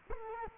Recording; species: mosquito wingbeat signal from an infrared sensor; Culex quinquefasciatus